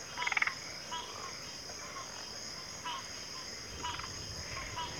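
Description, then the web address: Crickets trilling in an even, high, continuous chorus, broken by a few quick rattling frog calls. Cricket chorus recorded at a backwater. "Natures Songs Sleep Sounds of Nature CRICKETS Backwater Chorus"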